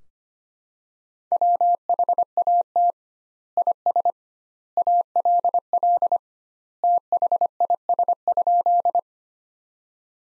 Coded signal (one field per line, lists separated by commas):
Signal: Morse code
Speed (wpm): 25 wpm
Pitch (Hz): 700 Hz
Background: none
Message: WHAT IS ALL THIS?